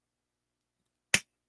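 A SAM tourniquet strap is pulled through its buckle, and a single sharp click rings out at 1.1 s as the buckle's snap mechanism engages the holes in the strap. The strap seats in the buckle, and everything else is silent.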